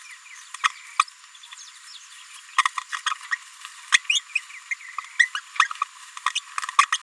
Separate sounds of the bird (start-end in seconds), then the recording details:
0.63-0.68, 0.99-1.03, 3.06-3.10, 3.32-3.36, 3.92-3.98, 4.09-4.19, 4.35-4.39, 4.71-4.74, 5.19-5.29, 5.35-5.40, 5.59-5.67, 5.81-5.84, 6.26-6.30, 6.35-6.39, 6.78-6.85, 6.93-6.97. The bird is a female. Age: 27 days. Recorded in a nest box in Venezuela. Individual 17B73B2